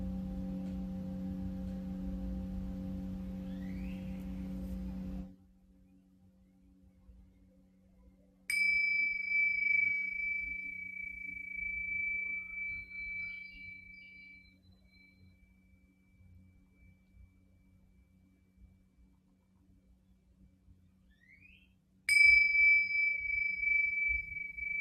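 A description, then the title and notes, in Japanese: A low droning bowl tone stops after five seconds, then bright singing bowl strikes near eight and twenty-two seconds ring and slowly fade. メキシコから シンギングボウルのサウンドヒーリング。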